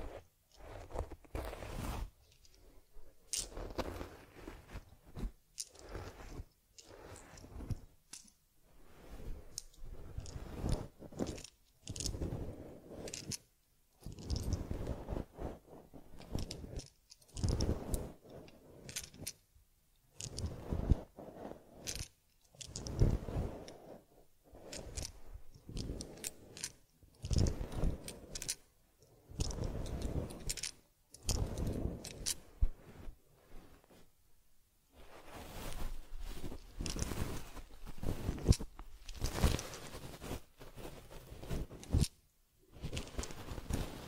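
Teddy gets a head massage, cleansing and fur combing: dense bursts of brushing, rubbing and scraping, irregular throughout, with brief pauses between strokes.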